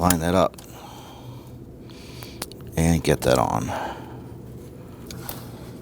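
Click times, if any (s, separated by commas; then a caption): none. On a 2009-2017 Volvo XC60, the upper radiator hose quick-connect fitting is lined up onto the radiator outlet neck while someone talks, with a few faint handling taps and one sharp tick near 2.4 s and 5.3 s. Nothing has seated or clicked yet; the fitting is still being handled before it is pushed home.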